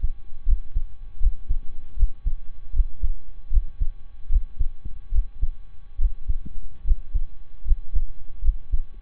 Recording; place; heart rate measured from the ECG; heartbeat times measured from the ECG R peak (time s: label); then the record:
heart sounds by stethoscope; between the tricuspid and mitral areas; 75 bpm
0.43 s: heartbeat
1.17 s: heartbeat
1.93 s: heartbeat
2.70 s: heartbeat
3.47 s: heartbeat
4.26 s: heartbeat
5.08 s: heartbeat
5.95 s: heartbeat
6.81 s: heartbeat
7.62 s: heartbeat
8.39 s: heartbeat
From the record:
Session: slow and fast walking with breaks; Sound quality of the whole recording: saturated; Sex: male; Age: 25 years